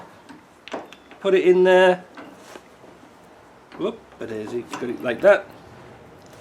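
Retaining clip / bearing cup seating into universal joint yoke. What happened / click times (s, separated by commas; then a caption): Parts handled and positioned, nothing seated yet / none. A steel bearing cup and its retaining circlip are handled into position in a universal joint yoke during a rebuild, with brief sharp knocks near 0.7 and 0.9 seconds and someone talking. The clip ends before the part goes home; nothing has seated or clicked yet.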